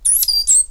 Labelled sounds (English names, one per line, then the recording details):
Stitchbird song
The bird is a male
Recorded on Tiritiri Matangi Island, New Zealand, in 2005
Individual 8, of nest box 10